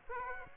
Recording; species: mosquito wingbeat signal from an infrared sensor; Aedes aegypti